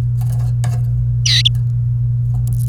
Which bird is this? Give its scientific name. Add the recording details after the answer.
Serinus canaria. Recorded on 28 April 2018 at 10:17. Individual llb3